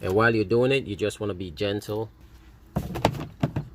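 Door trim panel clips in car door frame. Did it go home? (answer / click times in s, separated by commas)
released / 2.8 s, 3.1 s, 3.4 s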